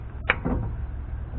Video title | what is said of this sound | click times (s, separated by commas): Front D44 Wheel Hub Disassembly and Reassembly | pops right into place there we go | 0.3 s